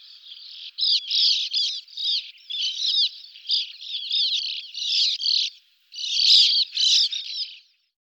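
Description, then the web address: Sand martin song, a continuous dry, scratchy twittering of rapid chattering notes in high pitch, nearly unbroken, with a brief pause before resuming. "IVN Zangvogels. Oeverzwaluw"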